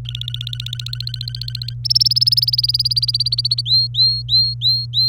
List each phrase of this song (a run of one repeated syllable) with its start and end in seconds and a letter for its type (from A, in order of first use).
0.04-1.74 A, 1.85-3.61 B, 3.66-5.08 C